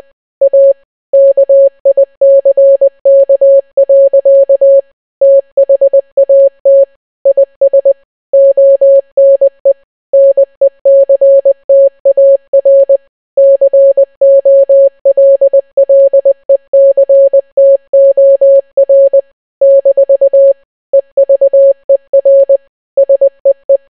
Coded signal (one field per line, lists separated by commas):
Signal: Morse code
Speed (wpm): 20 wpm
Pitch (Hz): 550 Hz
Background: none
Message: A KICK. THAT IS ONE NECTAR COLLECTOR - EVER SEE